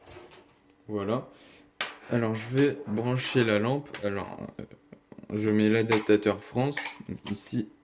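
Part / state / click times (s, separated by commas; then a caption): interchangeable EU plug adapter into mains power adapter / not seated / none. An interchangeable French (EU) plug adapter is being fitted onto the plastic mains power adapter of a desk lamp. Someone talks throughout while light handling sounds are heard. The clip ends before the plug adapter clips on, so nothing has seated or clicked yet.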